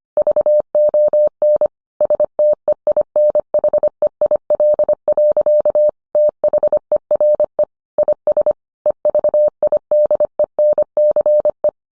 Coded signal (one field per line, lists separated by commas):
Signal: Morse code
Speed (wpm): 25 wpm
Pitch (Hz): 600 Hz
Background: none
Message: VON STEINHEIL. THERE IS EVIDENCE